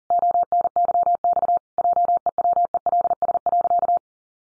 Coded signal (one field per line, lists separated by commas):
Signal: Morse code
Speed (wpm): 40 wpm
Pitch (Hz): 700 Hz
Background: none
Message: ONYX JEWELS.